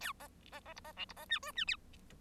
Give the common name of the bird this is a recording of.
Bengalese Finch